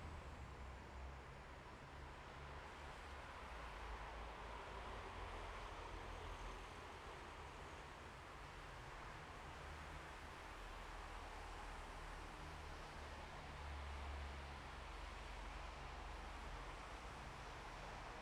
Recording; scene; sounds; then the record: everyday scene through a hearing-aid microphone; in traffic; traffic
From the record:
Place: bus stop on a city main road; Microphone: behind the ear, left, rear